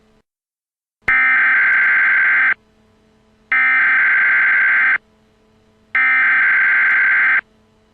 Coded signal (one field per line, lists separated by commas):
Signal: Emergency Alert System (SAME) tones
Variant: header bursts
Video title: EAS: Warnings for domestic terrorist attacks